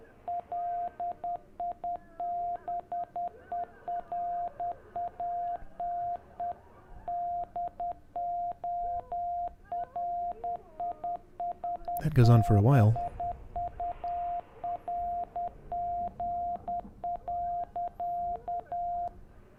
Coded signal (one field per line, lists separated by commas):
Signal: Morse code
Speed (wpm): 10 wpm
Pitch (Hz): 700 Hz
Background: speech, radio noise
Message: LIBERATE DORISBURG.